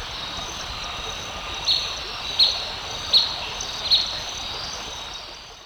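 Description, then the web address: Blackish Pewee calls, four short high sharp notes about every three-quarters of a second over a steady hiss of insects or background noise. Recorded in Ecuador. "Natures Songs S America Birds of Ecuador Blackish Pewee"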